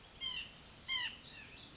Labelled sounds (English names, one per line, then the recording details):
White-breasted Nuthatch
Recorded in Sonoma County, California